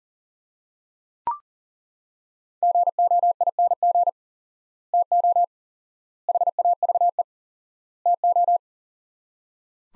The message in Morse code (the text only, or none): GOING TO HAVE TO